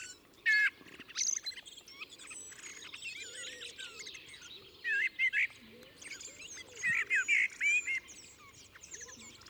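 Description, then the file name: Common blackbird fluting phrases mixed with high twitters. "Turdus merula"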